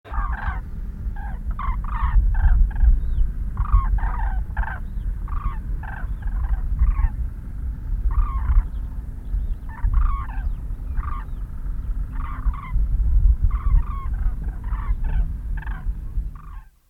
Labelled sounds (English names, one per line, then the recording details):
Common Crane call
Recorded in the wild
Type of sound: call
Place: Poggendorf, Insel Rügen, Mecklenburg-Vorpommern, DE
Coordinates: 54.06, 13.12
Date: 1970-09-19
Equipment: Nagra III BH, Sennheiser MD 21, parabola
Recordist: Schubert, Michael
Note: Bei Poggenhof: Kraniche